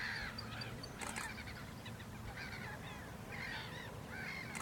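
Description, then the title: Northern lapwing calls: nasal, wheezy, arched notes repeated at intervals throughout, over a steady low rumble of background noise. Two birds in Enger, Germany. "Two Northern Lapwings (Kiebitze) in Enger, Germany"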